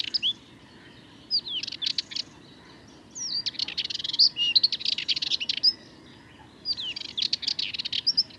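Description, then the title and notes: Sardinian warbler song, short hurried phrases of scratchy chatter and quick slurred whistles, delivered in four bursts with quiet gaps between. Bird in the Camargue, France, 22 March 2019, at twilight before full daylight, a long, incredibly nervous and rapid song; recorded with a parabolic reflector. "Le Charnier - Camargue. une Fauvette mélanocéphale (Sylvia melanocephala)"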